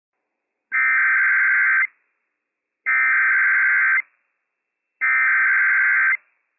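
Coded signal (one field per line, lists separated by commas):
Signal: Emergency Alert System (SAME) tones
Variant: header bursts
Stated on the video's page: Required Monthly Test from a county emergency management office, relayed on NOAA Weather Radio station WWF56 for three Washington counties.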